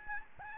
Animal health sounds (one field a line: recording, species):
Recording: mosquito wingbeat signal from an infrared sensor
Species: Aedes albopictus